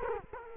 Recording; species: mosquito wingbeat signal from an infrared sensor; Culex quinquefasciatus